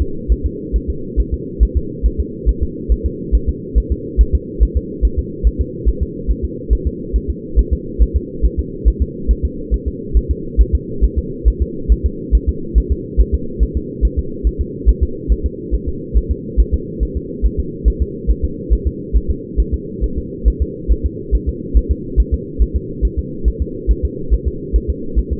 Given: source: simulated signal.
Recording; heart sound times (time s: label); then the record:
fetal heart sounds
0.02 s: S2
0.32 s: S1
0.46 s: S2
0.76 s: S1
0.90 s: S2
1.20 s: S1
1.34 s: S2
1.63 s: S1
1.77 s: S2
2.06 s: S1
2.20 s: S2
2.49 s: S1
2.63 s: S2
2.92 s: S1
3.06 s: S2
3.35 s: S1
3.49 s: S2
3.78 s: S1
3.92 s: S2
4.21 s: S1
4.35 s: S2
4.63 s: S1
4.77 s: S2
5.05 s: S1
5.19 s: S2
5.47 s: S1
5.61 s: S2
5.88 s: S1
6.02 s: S2
6.31 s: S1
6.45 s: S2
6.73 s: S1
6.87 s: S2
7.16 s: S1
7.30 s: S2
7.59 s: S1
7.73 s: S2
8.02 s: S1
8.16 s: S2
8.45 s: S1
8.59 s: S2
8.88 s: S1
9.02 s: S2
9.31 s: S1
9.45 s: S2
9.74 s: S1
9.88 s: S2
10.17 s: S1
10.31 s: S2
10.61 s: S1
10.75 s: S2
11.04 s: S1
11.18 s: S2
11.48 s: S1
11.62 s: S2
11.92 s: S1
12.06 s: S2
12.35 s: S1
12.49 s: S2
12.78 s: S1
12.92 s: S2
13.20 s: S1
13.34 s: S2
13.63 s: S1
13.77 s: S2
14.05 s: S1
14.19 s: S2
14.47 s: S1
14.61 s: S2
14.89 s: S1
15.03 s: S2
15.32 s: S1
15.46 s: S2
15.74 s: S1
15.88 s: S2
16.17 s: S1
16.31 s: S2
16.60 s: S1
16.74 s: S2
17.03 s: S1
17.17 s: S2
17.45 s: S1
17.59 s: S2
17.88 s: S1
18.02 s: S2
18.30 s: S1
18.44 s: S2
18.73 s: S1
18.87 s: S2
19.16 s: S1
19.30 s: S2
19.60 s: S1
19.74 s: S2
20.04 s: S1
20.18 s: S2
20.48 s: S1
20.62 s: S2
20.92 s: S1
21.06 s: S2
21.35 s: S1
21.49 s: S2
21.77 s: S1
21.91 s: S2
22.20 s: S1
22.34 s: S2
22.62 s: S1
22.76 s: S2
23.05 s: S1
23.19 s: S2
23.48 s: S1
23.62 s: S2
23.91 s: S1
24.05 s: S2
24.33 s: S1
24.47 s: S2
24.76 s: S1
24.90 s: S2
25.19 s: S1
25.32 s: S2
From the record:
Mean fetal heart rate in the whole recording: 140 bpm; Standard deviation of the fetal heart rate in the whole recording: 2 bpm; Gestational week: 34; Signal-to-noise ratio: -4.3 dB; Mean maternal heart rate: 72 bpm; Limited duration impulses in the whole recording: present